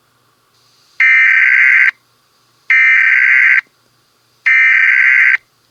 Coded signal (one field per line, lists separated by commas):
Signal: Emergency Alert System (SAME) tones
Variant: header bursts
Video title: EAS Scenario Follow-up: Is it over yet?!